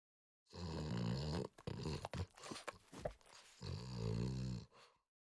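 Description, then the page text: French Bulldog in a continuous snorting sequence: a long rasping snort, a stretch of choppy snuffles and sniffs, then another long rough snort. Long snort by a French Bulldog. "French Bulldog Snort Long. Quick Sounds"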